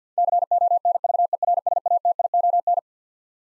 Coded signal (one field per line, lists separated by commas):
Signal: Morse code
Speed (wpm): 50 wpm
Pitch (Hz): 700 Hz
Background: none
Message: CONVERSATION